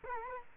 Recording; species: mosquito wingbeat signal from an infrared sensor; Culex quinquefasciatus